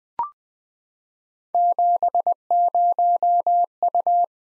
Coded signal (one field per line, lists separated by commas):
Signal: Morse code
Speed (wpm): 21 wpm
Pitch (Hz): 700 Hz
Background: none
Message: 70U